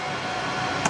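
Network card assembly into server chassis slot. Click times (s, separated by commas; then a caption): 0.9 s. With its top edge lined up, a network card assembly is pressed down into the chassis slot of a Dell R540 server over a steady background hum. A single sharp snap at 0.9 s confirms the card is seated in place.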